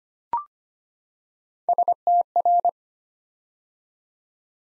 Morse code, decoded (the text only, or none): STR